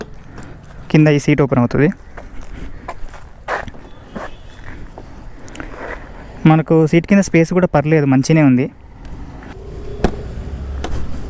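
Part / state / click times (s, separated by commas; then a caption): scooter seat into its seat lock latch / seated / 10.0 s. A rider presses the seat of a 2020 Honda Activa 6G BS6 scooter down onto its under-seat storage compartment while someone talks. The seat latch engages with a sharp click at 10.0 s, locking the seat shut with a single press.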